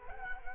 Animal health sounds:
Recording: mosquito wingbeat signal from an infrared sensor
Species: Culex quinquefasciatus

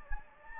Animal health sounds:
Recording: mosquito wingbeat signal from an infrared sensor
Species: Anopheles gambiae

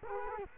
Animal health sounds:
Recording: mosquito wingbeat signal from an infrared sensor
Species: Culex quinquefasciatus

